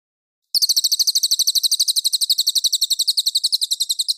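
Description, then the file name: Cililin song: a long, fast, high-pitched trill of sharp, even pulses, continuing steadily without a break. Clear song. "suara burung cililin jernih"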